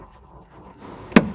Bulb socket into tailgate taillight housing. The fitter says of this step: It should fit tightly. Turn it until you hear a distinctive click.